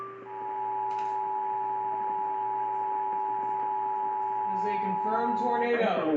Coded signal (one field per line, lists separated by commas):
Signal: Emergency Alert System (SAME) tones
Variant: 853 and 960 Hz attention tone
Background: speech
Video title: All my homies HATE DXing WXJC. | EAS #2376-2386 (Severe Weather Alerts from 3/30/2022)